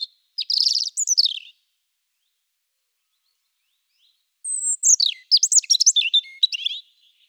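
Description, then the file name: European robin singing high, tinkling phrases of quick whistles and trills, one short phrase then a longer cascading one after a pause of about three seconds. "erithacus rubecula"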